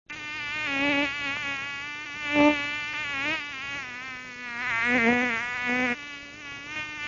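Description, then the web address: Mosquito buzzing, a thin steady whine with wavering pitch that swells and fades repeatedly, loudest around two and a half and five seconds. "sons moskito"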